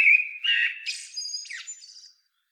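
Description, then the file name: Eurasian blackbird song, one phrase of clear low whistled notes breaking into thin, high, squeaky twittering. "Turdus merula"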